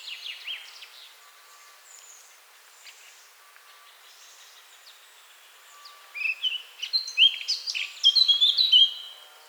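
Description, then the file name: Eurasian blackcap song, quiet scratchy notes early on, then a loud burst of clear fluting warbled phrases near the end. "Sylvia atricapilla"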